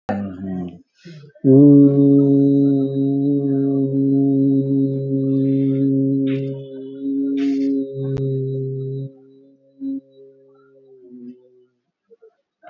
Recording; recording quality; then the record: sustained vowel as in boot; excellent, no background noise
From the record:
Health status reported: COVID-19 positive, mild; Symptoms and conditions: cough, cold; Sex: male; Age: 47 years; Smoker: not ticked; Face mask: worn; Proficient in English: yes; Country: India